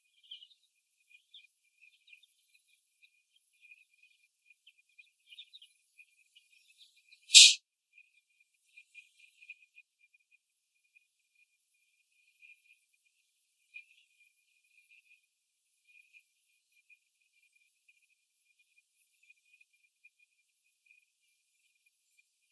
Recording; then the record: young laying hens in a cage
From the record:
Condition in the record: after the stressor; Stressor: simulated dog barking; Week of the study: 1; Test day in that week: 1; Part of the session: 3